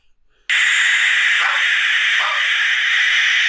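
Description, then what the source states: Barn Owl screech, a long harsh hissing scream that starts abruptly and holds steady for about three seconds, with a faint soft note just before it. Played back from an online video, compared with mechanical steam or tea-kettle noises.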